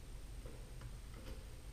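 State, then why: Not seated. A plastic retaining screen with small shark-teeth tabs on top is handled and pressed down into the body of a Sensus Accustream water meter. Faint soft ticks are heard around 0.5, 0.8 and 1.3 seconds over a low steady background hum and a thin high tone. Nothing has seated or snapped into place yet.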